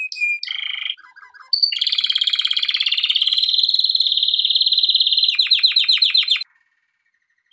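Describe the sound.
Canary singing short chirps, then a long, even, fast trill lasting about four seconds, closing with a burst of descending notes and silence.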